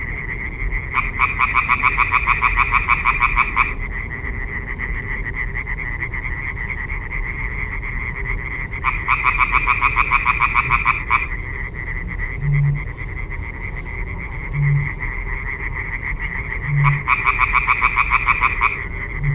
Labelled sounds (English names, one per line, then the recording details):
Common Tree Frog call
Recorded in the wild
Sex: male
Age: adult
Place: Parsteiner See, Barnim, Brandenburg, DE
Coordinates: 52.9578, 13.9856
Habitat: reed
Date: 2006-05-09 21:58
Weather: klare Nacht, 15°C, schwacher bis mäßiger Nordwind
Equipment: Marantz PMD 660, Sennheiser MKH 70, Windkorb
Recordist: Frommolt, Karl-Heinz